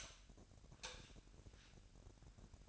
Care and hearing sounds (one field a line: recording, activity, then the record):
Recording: daily activity, microphone in the room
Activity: light off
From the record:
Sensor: 2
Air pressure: 1011.8 hPa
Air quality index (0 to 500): 211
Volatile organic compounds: 3 ppm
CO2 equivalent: 1489 ppm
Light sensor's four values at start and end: 15/40/17/17 and 10/24/10/10